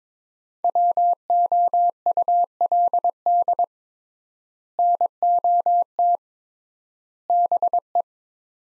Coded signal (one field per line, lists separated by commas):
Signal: Morse code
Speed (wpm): 22 wpm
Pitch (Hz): 700 Hz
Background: none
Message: WOULD NOT BE